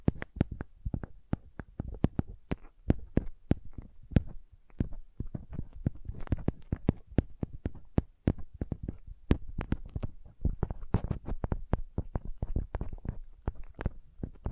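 Light tapping runs throughout, a dense, uneven stream of sharp clicks with several strokes per second. Most taps are soft and muffled, with occasional louder, brighter ones standing out, like near 4, 9 and 12 seconds. A faint low thumping sits underneath.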